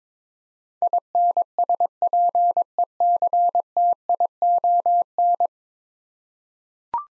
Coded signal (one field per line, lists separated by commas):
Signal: Morse code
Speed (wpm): 22 wpm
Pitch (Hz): 700 Hz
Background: none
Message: INSPECTION